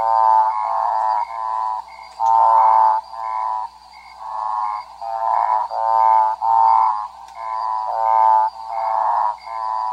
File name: Odontophrynus americanus